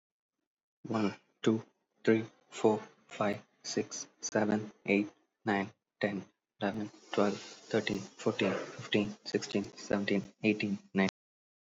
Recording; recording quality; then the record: counting at a normal pace; excellent, no background noise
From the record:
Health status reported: healthy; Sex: male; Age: 25 years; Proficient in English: yes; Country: India